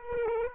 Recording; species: mosquito wingbeat signal from an infrared sensor; Aedes aegypti